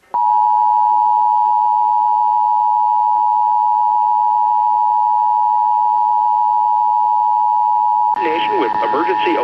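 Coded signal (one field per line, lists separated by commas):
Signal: Emergency Alert System (SAME) tones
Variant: 853 and 960 Hz attention tone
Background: speech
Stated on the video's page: EAS test broadcast by WJLA.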